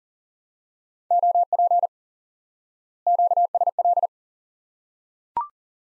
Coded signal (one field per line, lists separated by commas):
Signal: Morse code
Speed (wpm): 40 wpm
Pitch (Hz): 700 Hz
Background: none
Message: OP QSL